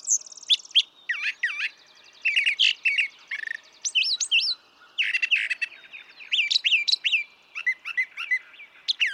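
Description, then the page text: Brown thrasher in continuous song, a dense jumble of slurred whistles, chatters and buzzy notes, many phrases doubled, with hardly a break. Same male throughout, one of several selections totalling about three and a quarter hours; repertoire estimated at about 1300 songs, including imitations of other species. "Birdsong for the Curious Naturalist. Brown thrasher"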